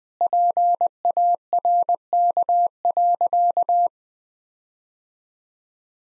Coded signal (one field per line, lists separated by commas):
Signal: Morse code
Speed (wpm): 21 wpm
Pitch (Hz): 700 Hz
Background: none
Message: PARK.